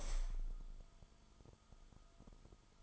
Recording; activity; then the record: daily activity, microphone in the room; open window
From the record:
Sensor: 5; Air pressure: 1004.8 hPa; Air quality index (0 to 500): 85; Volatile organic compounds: 2 ppm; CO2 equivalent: 1020 ppm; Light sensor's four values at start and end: 34/79/32/31 and 34/79/32/31